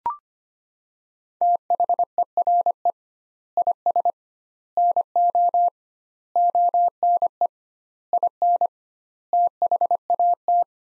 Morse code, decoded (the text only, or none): THERE IS NO ONE IN THAT